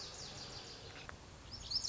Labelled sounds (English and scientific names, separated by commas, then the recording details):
Lazuli Bunting (Passerina amoena)
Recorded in Sonoma County, California